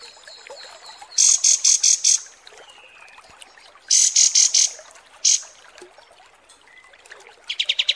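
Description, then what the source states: Kapas tembak song: two runs of high buzzy bursts, a lone burst, then a fast stuttering trill at the end, with light background chatter. Masteran (tutor) recording used to train caged birds' song, described as 'mewah' (luxurious).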